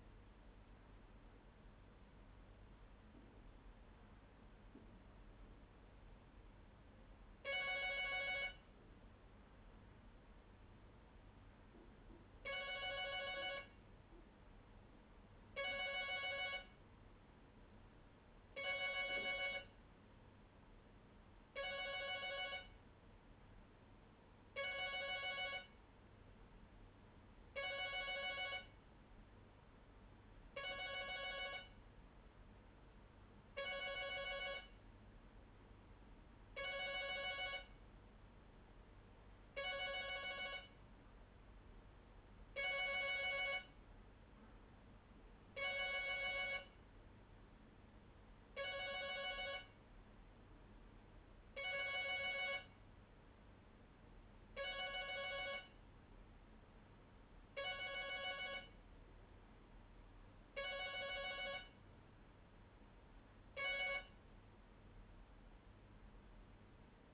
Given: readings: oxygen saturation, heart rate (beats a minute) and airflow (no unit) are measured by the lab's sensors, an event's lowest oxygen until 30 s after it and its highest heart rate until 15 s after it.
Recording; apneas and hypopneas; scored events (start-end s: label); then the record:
a person awake in a sleep study, by a voice recorder at the bedside; none
0.00-67.14 s: awake
From the record:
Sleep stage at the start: awake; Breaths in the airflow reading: 30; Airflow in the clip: -0.7 to 0.7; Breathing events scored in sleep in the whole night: 201 in 6.5 hours asleep